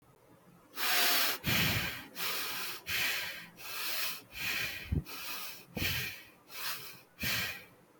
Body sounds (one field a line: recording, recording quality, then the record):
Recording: shallow breathing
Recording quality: moderate, slight background noise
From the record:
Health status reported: healthy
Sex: female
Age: 22 years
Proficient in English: yes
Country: India